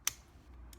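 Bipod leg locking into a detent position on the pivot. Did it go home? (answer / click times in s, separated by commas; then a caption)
yes / 0.1 s. A metal leg on a Green Blob Outdoors CNC QD 6.5-9" tactical pivoting bipod is pivoted and clicks into a detent position. A sharp, bright click at 0.1 s shows the leg seating firmly, followed by a much fainter tick at 0.7 s.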